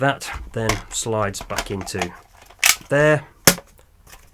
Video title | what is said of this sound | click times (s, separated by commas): Shark Detect Pro Cordless Vacuum: Amazon Product Unboxing, Test and Review | Door shuts there. That clips on into there. There we go. | 3.5 s